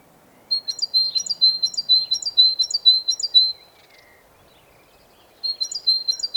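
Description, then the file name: Great tit song: a bright, high two-note phrase repeated rapidly about six times, a pause of nearly two seconds, then the see-sawing phrase resumes. "Parus major"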